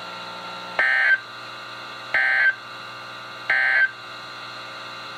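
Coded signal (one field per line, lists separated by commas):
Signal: Emergency Alert System (SAME) tones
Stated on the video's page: Special marine and severe thunderstorm warnings from NOAA weather radio stations, received on a new radio.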